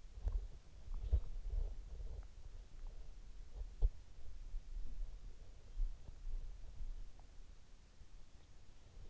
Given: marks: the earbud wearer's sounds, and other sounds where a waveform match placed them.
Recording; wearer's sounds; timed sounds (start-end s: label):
sounds in sleep by an in-ear microphone; body movement
0.00-7.25 s: body movement